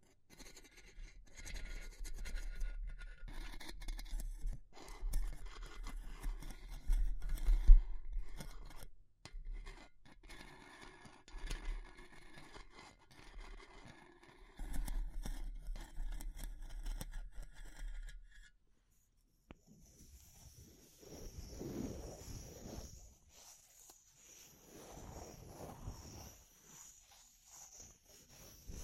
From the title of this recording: Natural Triggers Wood, Bamboo and Straw